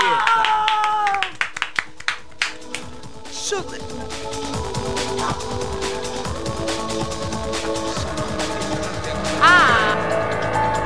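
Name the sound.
group clapping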